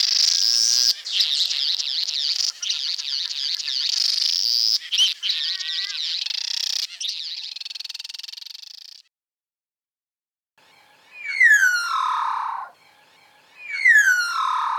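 Satin bowerbird buzzy chattering for several seconds, then after a pause two loud descending whistled calls.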